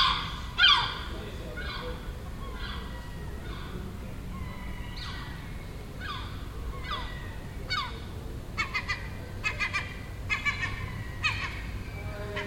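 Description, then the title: Gull calling with a run of falling, nasal notes that then turn into quicker, clipped double notes, against faint low hum. Nesting gull on a neighbouring roof in Den Haag, Netherlands, recorded June 18th 2017; it made these sounds all day for a week. "Seagull Chatter (Den Haag"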